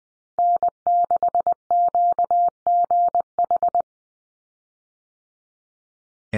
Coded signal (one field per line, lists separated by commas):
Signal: Morse code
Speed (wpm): 20 wpm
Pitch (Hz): 700 Hz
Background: none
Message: N6QGH